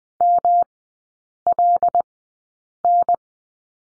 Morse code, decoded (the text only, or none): MLN